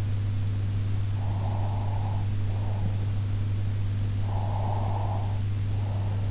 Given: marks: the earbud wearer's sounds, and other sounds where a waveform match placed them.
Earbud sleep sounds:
sounds in sleep by an in-ear microphone; breath
1.21-3.04 s: breath
4.21-6.29 s: breath

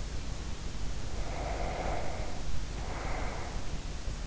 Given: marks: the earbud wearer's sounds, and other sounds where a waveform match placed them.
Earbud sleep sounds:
sounds in sleep by an in-ear microphone; breath
0.77-3.89 s: breath

